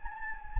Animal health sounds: mosquito wingbeat signal from an infrared sensor; Anopheles gambiae

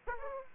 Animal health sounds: mosquito wingbeat signal from an infrared sensor; Aedes aegypti

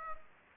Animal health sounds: mosquito wingbeat signal from an infrared sensor; Anopheles gambiae

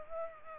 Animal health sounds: mosquito wingbeat signal from an infrared sensor; Aedes aegypti

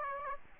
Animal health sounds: mosquito wingbeat signal from an infrared sensor; Aedes aegypti

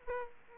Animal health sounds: mosquito wingbeat signal from an infrared sensor; Aedes aegypti

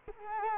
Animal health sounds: mosquito wingbeat signal from an infrared sensor; Culex quinquefasciatus

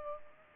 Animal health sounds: mosquito wingbeat signal from an infrared sensor; Culex pipiens

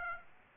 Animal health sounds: mosquito wingbeat signal from an infrared sensor; Aedes aegypti

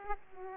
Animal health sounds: mosquito wingbeat signal from an infrared sensor; Aedes aegypti

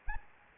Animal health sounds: mosquito wingbeat signal from an infrared sensor; Anopheles arabiensis

